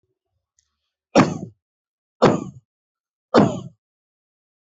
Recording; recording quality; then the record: heavy voluntary cough; excellent, no background noise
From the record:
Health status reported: healthy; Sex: male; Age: 43 years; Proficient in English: yes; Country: India